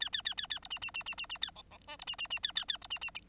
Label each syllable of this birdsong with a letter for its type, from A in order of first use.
A A A A A B C C C C C C A D D E B C C C A A A B C C